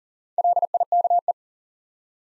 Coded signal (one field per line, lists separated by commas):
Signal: Morse code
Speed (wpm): 40 wpm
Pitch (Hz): 700 Hz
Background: none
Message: LIKE